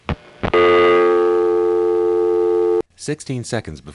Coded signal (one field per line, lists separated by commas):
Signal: telephone call progress tone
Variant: North America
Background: speech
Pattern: dial tone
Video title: Southern California Phone Tapes 1: #5 Crossbar in Van Nuys, Summer 1974